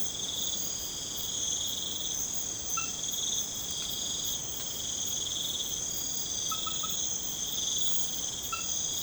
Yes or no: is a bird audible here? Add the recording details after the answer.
no. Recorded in pastures near Puerto Asís, Putumayo, Colombia, on 12 March 2025 at 02:30. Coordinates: 0.505, -76.324. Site GP08